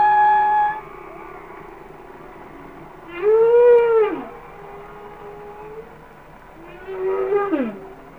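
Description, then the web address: Humpback whale song: steady tonal moans and two louder calls that rise briefly and then drop sharply, spaced a few seconds apart. "Whale Songs Sounds of Nature - Humpback Whales"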